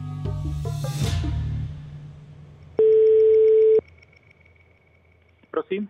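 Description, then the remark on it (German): A steady, mid-pitched telephone line tone sounds loudly for about a second as a phone call is being connected, after a brief swell of other sound, then gives way to faint hiss and a couple of short bursts. “Fragt man in Prag nach den Gründen, wird man telefonisch an Oberst Petre Kocsi vermittelt.”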